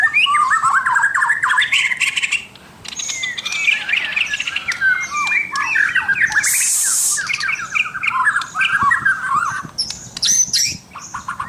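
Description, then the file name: White-rumped shama delivering varied whistles and chattering trills, interrupted briefly by a hissing burst before the melodious phrases continue. "suara murai batu mahkota"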